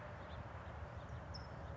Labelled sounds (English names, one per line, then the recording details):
California Towhee
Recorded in Sonoma County, California